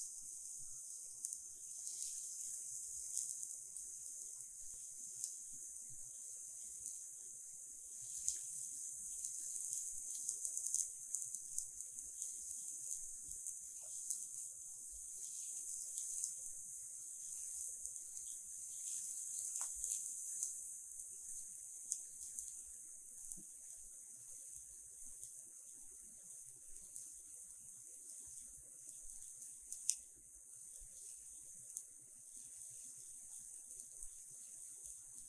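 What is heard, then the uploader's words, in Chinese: Ear candling: a steady, bright hiss runs through the whole clip, like air or flame rustling at the ear. Small crackles and pops dot it irregularly, with a sharper click near thirty seconds. Underneath it is quiet and faint. 耳燭 | Relaxing Ear Spa | NoTalking。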